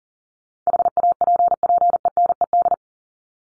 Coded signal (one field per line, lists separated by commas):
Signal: Morse code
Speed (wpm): 40 wpm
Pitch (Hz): 700 Hz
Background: none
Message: HAPPENED